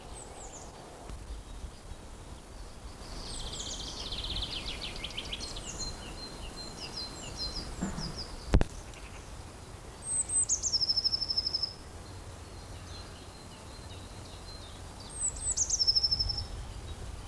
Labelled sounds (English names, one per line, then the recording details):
Common Chiffchaff
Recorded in the wild
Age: adult
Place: Mühlenbeck, am Tegeler Fließ, Brandenburg, DE
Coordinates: 52.6, 13.282
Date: 1992-04-11 11:35
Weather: heiter, 14°C, Wind
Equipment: Nagra SN, Mikrofon AKG CK 8, Kopie Tesla B 116
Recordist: Tembrock, Günter